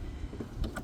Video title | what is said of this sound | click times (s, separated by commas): 2016 Chevrolet Cruze LED Headlight Upgrade - Lasfit H13 9008 bulb Installation & Review | You're going to push the connector in. It will only fit one way until it clicks. | 0.6 s, 0.8 s